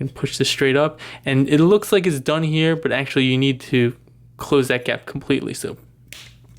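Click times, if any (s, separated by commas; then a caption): 6.1 s. Someone talks while a hinged plastic leg panel on a Warbotron WB-01B Heavy Noisy transforming robot figure is pushed straight up, then pressed further to close the remaining gap. A short, sharp plastic snap at 6.1 s marks the panel seating shut.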